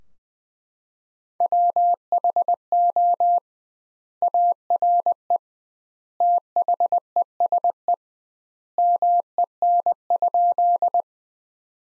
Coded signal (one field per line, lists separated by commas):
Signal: Morse code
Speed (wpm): 21 wpm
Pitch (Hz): 700 Hz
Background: none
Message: WHO ARE THESE MEN?